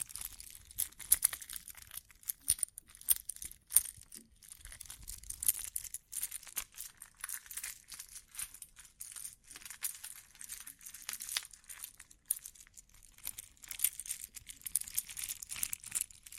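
Bling bling triggers: a constant, busy run of bright crinkling and tinkling, like jewelry or shiny trinkets being handled. Sharp little clicks and taps land every fraction of a second throughout, with faint low rustles underneath and no pauses.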